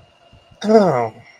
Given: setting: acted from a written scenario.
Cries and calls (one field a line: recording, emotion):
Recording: vocal sound without words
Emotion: contempt